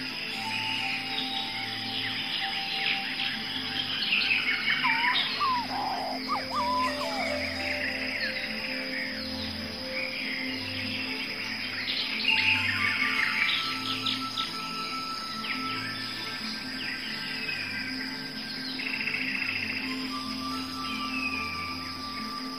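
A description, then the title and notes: Tropical rainforest sounds: a dense, steady wash of insects with a high constant whine, scattered bird chirps and calls, and a pulsing low hum. Beautiful tropical rainforest sounds.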